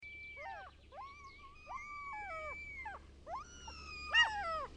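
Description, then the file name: Common gull calls: a long drawn high note falling at its end, followed by several arched, downward-sliding mewing notes, some overlapping one another. "KALALOKKI"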